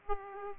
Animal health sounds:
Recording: mosquito wingbeat signal from an infrared sensor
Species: Aedes aegypti

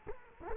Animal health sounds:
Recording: mosquito wingbeat signal from an infrared sensor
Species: Culex quinquefasciatus

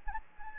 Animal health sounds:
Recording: mosquito wingbeat signal from an infrared sensor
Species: Anopheles gambiae

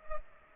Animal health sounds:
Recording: mosquito wingbeat signal from an infrared sensor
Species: Culex pipiens

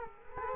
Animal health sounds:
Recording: mosquito wingbeat signal from an infrared sensor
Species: Culex quinquefasciatus

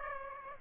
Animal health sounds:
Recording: mosquito wingbeat signal from an infrared sensor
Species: Aedes aegypti

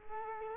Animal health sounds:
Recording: mosquito wingbeat signal from an infrared sensor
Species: Culex quinquefasciatus

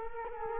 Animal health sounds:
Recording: mosquito wingbeat signal from an infrared sensor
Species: Culex quinquefasciatus

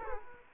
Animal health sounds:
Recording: mosquito wingbeat signal from an infrared sensor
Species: Culex quinquefasciatus

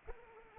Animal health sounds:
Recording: mosquito wingbeat signal from an infrared sensor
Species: Anopheles arabiensis

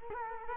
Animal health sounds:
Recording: mosquito wingbeat signal from an infrared sensor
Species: Culex quinquefasciatus

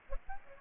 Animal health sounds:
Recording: mosquito wingbeat signal from an infrared sensor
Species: Aedes aegypti

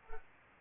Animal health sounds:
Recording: mosquito wingbeat signal from an infrared sensor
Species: Aedes aegypti

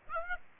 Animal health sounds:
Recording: mosquito wingbeat signal from an infrared sensor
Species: Aedes aegypti

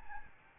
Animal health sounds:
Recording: mosquito wingbeat signal from an infrared sensor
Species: Aedes albopictus

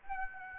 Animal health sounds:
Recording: mosquito wingbeat signal from an infrared sensor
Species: Aedes aegypti

